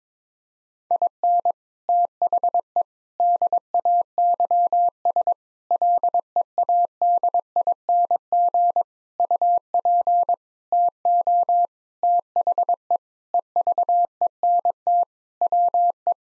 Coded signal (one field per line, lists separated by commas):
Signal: Morse code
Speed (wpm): 22 wpm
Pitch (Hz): 700 Hz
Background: none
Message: IN THE DAYS LEADING UP TO THE EVENT WE